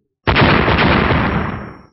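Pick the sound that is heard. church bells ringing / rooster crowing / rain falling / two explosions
two explosions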